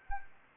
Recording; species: mosquito wingbeat signal from an infrared sensor; Anopheles arabiensis